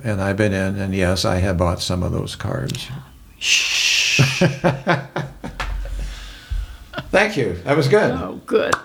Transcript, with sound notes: And I've been in, and yes, I have bought some of those cards.
Shhhhh!
(Laughing) Thank you! That was good!
Oh, good.